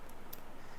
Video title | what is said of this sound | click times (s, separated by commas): Different Camping Cook Set - Compact Aluminium & Steel Utensils for Camping & Trekking #campcookset | इस तरह से lock हो जाता है। | 0.3 s